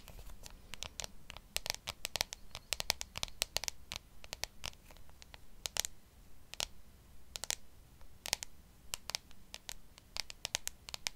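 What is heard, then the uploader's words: Crisp tapping and light scratching on a hard surface, landing in irregular clusters of quick, bright clicks. The taps come several per second at times, then pause briefly, over a low, soft hum. ASMR Tapping for Tingles & Relaxation ~ (No Talking).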